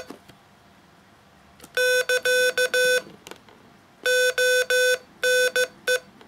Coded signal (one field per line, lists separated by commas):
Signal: Morse code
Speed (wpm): 15 wpm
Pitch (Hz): 500 Hz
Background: none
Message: <KA> ONE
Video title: 33. Father's Day Special: Poetry in Morse - SOUNDsculptures (ASMR)